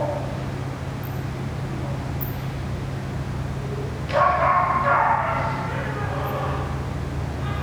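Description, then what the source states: Dog giving one strained, wavering cry of about a second midway, otherwise only a constant low droning hum. Dog crying near a ventilation system.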